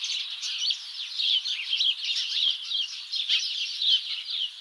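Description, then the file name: House sparrows chirping, a busy jumble of short high chirps in bursts, several birds calling together. "Passer domesticus"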